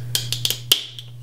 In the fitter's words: And that just pops right in there.